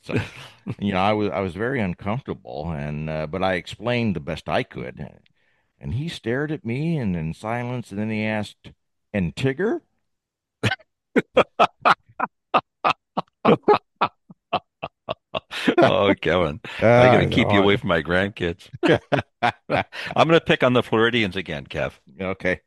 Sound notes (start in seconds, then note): 11.1 laughs; 18.7 laughs